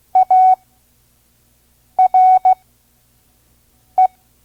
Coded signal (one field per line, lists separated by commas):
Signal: Morse code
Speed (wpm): 16 wpm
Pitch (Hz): 740 Hz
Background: none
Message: ARE